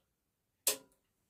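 A metal bobbin case is inserted horizontally into the rotary hook housing of an HQ Moxie XL longarm quilting machine. It snaps into place with a single sharp click at 0.7 s, confirming the case is seated.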